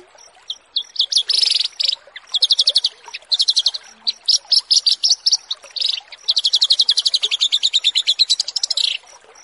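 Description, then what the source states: Australasian bushlark song: long runs of fast, rattling repeated notes in dense bursts, almost continuous, with brief breaks between phrases. Song used as a tutoring recording (masteran) for kept birds.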